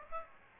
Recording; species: mosquito wingbeat signal from an infrared sensor; Aedes aegypti